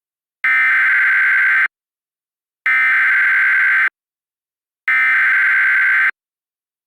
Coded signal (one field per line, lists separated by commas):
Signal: Emergency Alert System (SAME) tones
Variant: header bursts